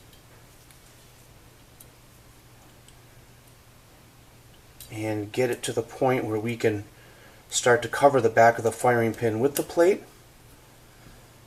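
The metal firing pin stop plate is realigned in the slide of a Kimber Pro Raptor 1911 pistol before being pressed home. Faint handling ticks are heard at about 0.7, 1.8 and 2.9 seconds, then someone talks from around 4.9 seconds to the end. The plate has not seated or clicked yet.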